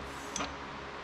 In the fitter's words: the whole ring inside the groove and then you'll hear it snap like that